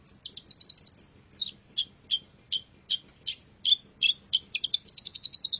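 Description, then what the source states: Long-tailed shrike song: quick high ticking notes, then spaced sharp falling chirps, then rising into a rapid high trill. Model song used for training birds.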